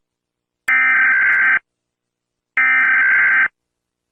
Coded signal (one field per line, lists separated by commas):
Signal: Emergency Alert System (SAME) tones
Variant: header bursts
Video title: Rating U.S states eas alarms part 3 202 subscribers special